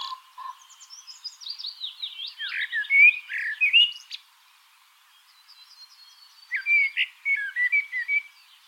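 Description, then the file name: Common blackbird warbling a fluted, swooping phrase with high squeaky ends, silence for a moment, then a second similar phrase. "Turdus merula"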